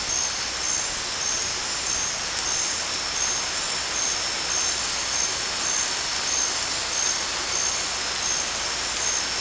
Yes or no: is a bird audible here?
no